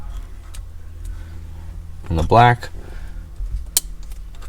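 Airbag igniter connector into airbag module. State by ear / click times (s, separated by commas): seated / 3.8 s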